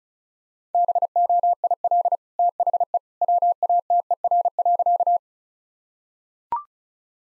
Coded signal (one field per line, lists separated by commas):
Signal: Morse code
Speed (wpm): 34 wpm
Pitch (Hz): 700 Hz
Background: none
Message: BOIL THE WATER.